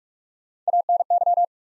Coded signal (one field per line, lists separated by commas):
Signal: Morse code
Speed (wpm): 44 wpm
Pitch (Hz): 700 Hz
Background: none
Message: ANY